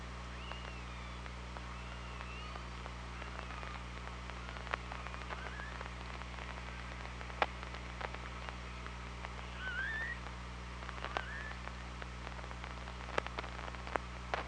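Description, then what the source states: Orca calls underwater: several tonal, wavering calls, some sweeping upward near the middle, over a steady low hum with scattered sharp clicks. Recorded on the OrcaLab hydrophone, 24 August 2017 at 07:44.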